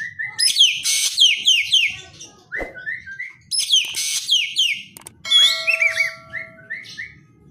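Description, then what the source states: Javan green magpie song: rapid bursts of sharp descending whistled notes high up, alternating with series of short rising whistles, repeated in two loud bouts. Bird described as singing vigorously (gacor).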